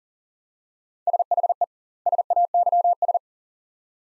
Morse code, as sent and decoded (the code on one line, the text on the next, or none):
... .... . / ... .- -.-- ...
SHE SAYS